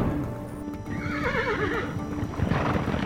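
A horse lets out a loud, quavering whinny that wavers and slides downward in pitch, while hooves clop unevenly on the ground around it.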